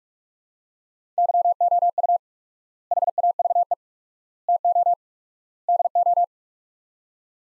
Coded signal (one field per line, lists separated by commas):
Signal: Morse code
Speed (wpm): 44 wpm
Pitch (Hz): 700 Hz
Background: none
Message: YOU HAVE TO DO